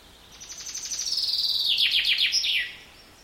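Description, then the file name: Common chaffinch song phrase: bright repeated notes building in volume, then descending slurred notes and a short closing twirl, lasting about two and a half seconds. "Fringilla coelebs"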